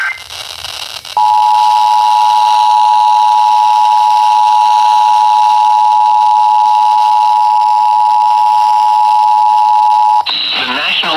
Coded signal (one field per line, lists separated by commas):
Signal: Emergency Alert System (SAME) tones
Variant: 853 and 960 Hz attention tone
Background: speech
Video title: Marginal Risk Has Gone Wrong EAS Alerts from 7/10/2026 (EAS #1086-1119)